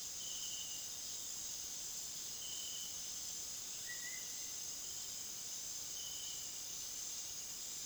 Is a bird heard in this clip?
no